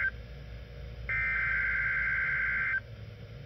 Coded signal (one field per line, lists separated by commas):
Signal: Emergency Alert System (SAME) tones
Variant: header bursts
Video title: EAS #63-64 (2 HEADER) NOAA Weather Radio Flash Flood Watch/Severe T'storm Watch #329 6/30/21